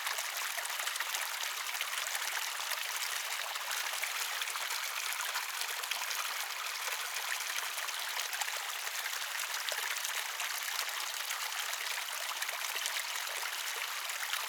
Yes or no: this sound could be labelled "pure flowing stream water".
yes